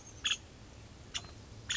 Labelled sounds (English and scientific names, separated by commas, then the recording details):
Nuttall's Woodpecker (Dryobates nuttallii)
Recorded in Sonoma County, California